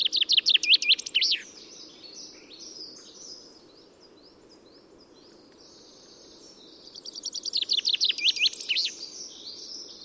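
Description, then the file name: Common chaffinch song: a bright descending rattle of notes ending in a flourish, given twice about seven seconds apart, with faint twittering of other birds in between. "Fringilla coelebs"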